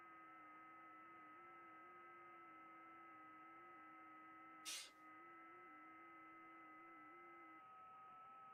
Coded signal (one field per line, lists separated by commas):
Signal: FT8